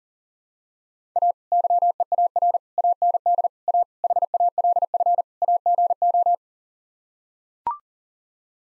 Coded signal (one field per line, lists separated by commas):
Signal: Morse code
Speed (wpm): 37 wpm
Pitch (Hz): 700 Hz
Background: none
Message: A YEAR AND A HALF AGO